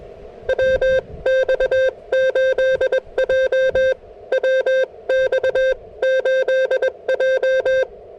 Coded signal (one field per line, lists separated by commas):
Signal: Morse code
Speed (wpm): 22 wpm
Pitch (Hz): 520 Hz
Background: music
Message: WX8J WX8J